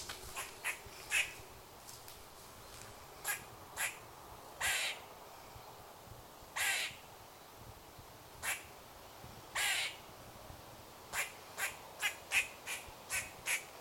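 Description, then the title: Grey squirrel calling in harsh barking chucks, some stretched into longer raspy moans, spaced irregularly, then a run of short chucks near the end. Non-native grey squirrel in a woodland block on farmland in lowland England, recorded in 2020. "2020 STRAIGHT FROM THE FIELDS 8-GREY SQUIRREL CALLS"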